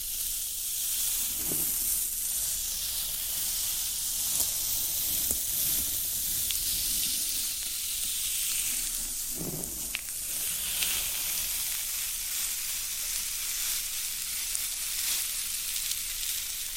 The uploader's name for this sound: Floral Foam Sounds